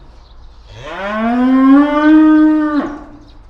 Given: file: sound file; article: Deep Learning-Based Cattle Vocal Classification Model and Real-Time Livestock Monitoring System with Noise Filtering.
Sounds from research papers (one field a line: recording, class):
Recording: cattle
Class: estrus call